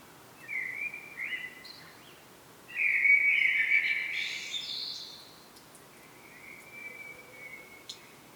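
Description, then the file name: Common blackbird: short soft whistles, then a loud fluty phrase flowing into high squeaky notes, followed by a faint, drawn-out whistle. "Turdus merula"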